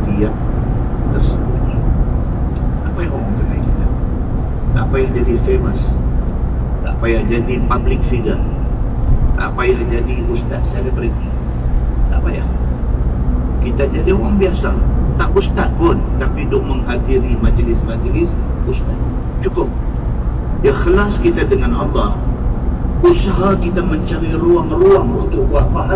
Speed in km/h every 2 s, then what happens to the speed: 95, 88, 83, 79, 76, 75, 77, 79, 79, 79, 77, 79, 81.
0-7 slows to 76. 7-26 steady at about 79.